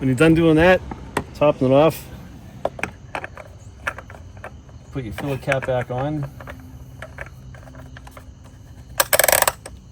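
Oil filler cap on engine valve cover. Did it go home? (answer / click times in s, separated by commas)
yes / 9.0 s, 9.1 s, 9.2 s, 9.3 s, 9.4 s, 9.5 s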